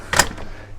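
Pressing the green release button on an Atera Strada DL3 sliding bike rack, mounted on the towbar of a Fiat Ducato campervan, lets the tilting rack's latch go with a single loud clunk at 0.2 s. A short rattle follows as the rack comes forward and is released.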